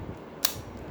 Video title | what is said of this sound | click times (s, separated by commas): Showing my new NERF Firestrike gun, the story behind it and revealing plans for tomorrow. | till you hear a click. That's a click. | 0.5 s